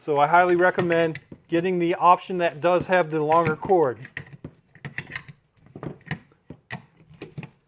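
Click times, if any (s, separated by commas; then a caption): 4.8 s. Someone talks, then pushes the plastic J1772 charging handle of a Level 2 charger into the charge port of a 2023 Jeep 4xe plug-in hybrid. A series of short plastic clacks and knocks follows, with the connector clicking in at 4.9 s and the latch holding it seated.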